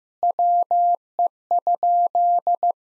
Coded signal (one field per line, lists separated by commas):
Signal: Morse code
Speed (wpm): 15 wpm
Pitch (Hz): 700 Hz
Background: none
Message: WE?